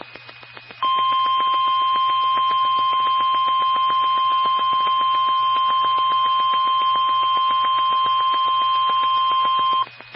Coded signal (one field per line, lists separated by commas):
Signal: Emergency Alert System (SAME) tones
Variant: 1050 Hz attention tone